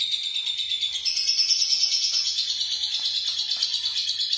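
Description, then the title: Lovebird song: a steady, rapid, buzzy chatter of shrill notes running without pause throughout. "BM Suara Burung Lovebird"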